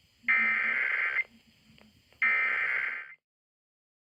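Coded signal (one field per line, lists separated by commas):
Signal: Emergency Alert System (SAME) tones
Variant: header bursts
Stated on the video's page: Weather alerts caught during a severe weather event.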